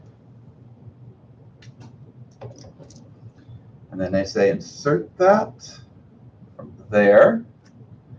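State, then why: Not seated. A part is handled at a 3D printer frame assembly during a Voron 2.4 build, with several small clicks and knocks from 1.6 to 2.9 s and another at 6.6 s while someone talks. The part is being readied for insertion into its mount, but nothing has seated or clicked into place yet.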